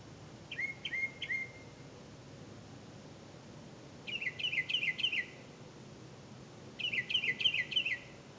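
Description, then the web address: Bird calls: a trio of falling chirps, then two longer bursts of rapid repeated downslurred notes, each about a second long, with quiet gaps between. "misc bird"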